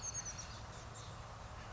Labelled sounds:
Oak Titmouse
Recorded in Sonoma County, California

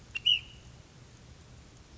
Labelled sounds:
Ash-throated Flycatcher
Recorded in Sonoma County, California

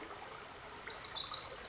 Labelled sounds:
Pacific Wren
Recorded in Sonoma County, California

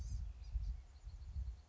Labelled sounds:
Blue-gray Gnatcatcher
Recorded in Sonoma County, California

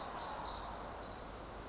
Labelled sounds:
Pacific Wren
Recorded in Sonoma County, California

